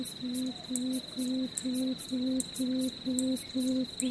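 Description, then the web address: Papuan frogmouth call: a steady run of low, hollow hooting notes, roughly two each second, over a constant high insect whine and ticking insect pulses. "sound Papuan-frogmouth. صدای-پرنده-دهان-قورباغه-ای"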